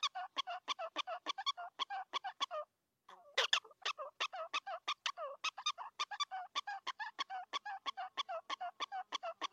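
Prairie dog barks come fast and choppy, a short pause, then a louder burst and a steady run of repeated yips.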